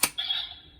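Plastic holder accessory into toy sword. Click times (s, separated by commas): 0.0 s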